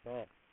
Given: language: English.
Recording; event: throat vibration sensor signal played as sound; speech